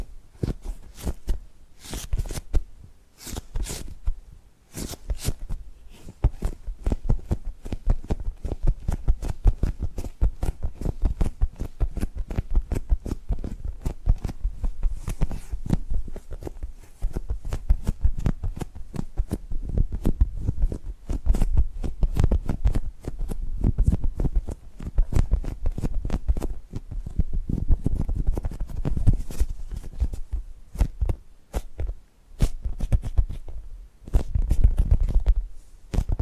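Tapping and gripping sounds form a dense, uneven run of soft thuds and clicks, with a few sharper bright taps and brief pauses.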